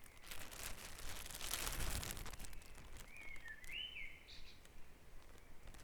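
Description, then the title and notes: Bird song: a single rising and falling whistled phrase following a loud stretch of rustling, crackling noise, with low background rumble. Dawn chorus at Back Dragon Avenue, Harrogate. "Dawn Chorus // Back Dragon Avenue, Harrogate. Sound Map Of Harrogate"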